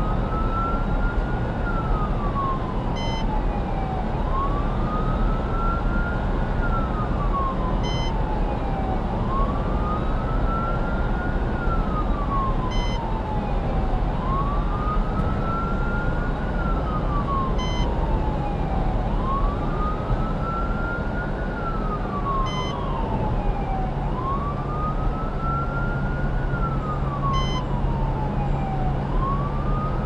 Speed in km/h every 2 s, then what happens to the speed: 121, 121, 122, 122, 122, 122, 119, 118, 118, 116, 113, 109, 106, 105, 105.
0-11 steady at about 122. 11-30 slows to 105.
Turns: none.